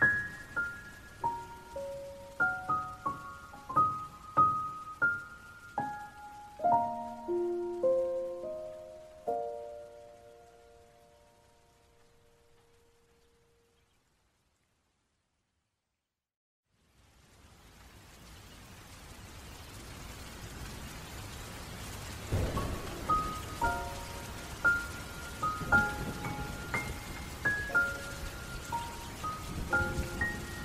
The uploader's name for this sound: Sad Piano & Soft Rain